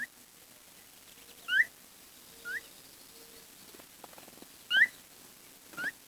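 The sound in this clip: Bird calling with a few brief upward-sweeping chirps, irregularly spaced, with soft, low steady tones in between.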